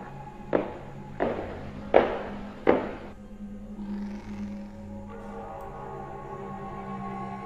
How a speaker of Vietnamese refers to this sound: Loáng thoáng, bác Cổ nghe có tiếng bước chân đang đi rất nhẹ lên cầu thang gỗ. Tuy nhiên, trong đêm đen thì tiếng bước chân ấy thoáng nghe ra cũng rõ lắm.